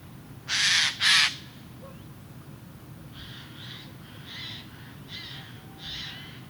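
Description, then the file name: Eurasian jay giving two loud rasping screeches in quick succession, followed by a series of fainter, softer harsh notes repeated roughly every half to one second. "Garrulus glandarius"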